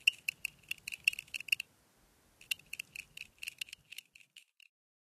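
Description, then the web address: Two-spotted tree cricket song: irregular bursts of short, clicky pulses on a steady high pitch, in two groups separated by a brief pause, fading toward the end. North America. "Nature Songs N America Songs of Insects -Two-spotted Tree Cricket"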